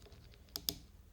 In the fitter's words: you heard that little click that's really a good sound that means that the two pieces of metal got so close together there we go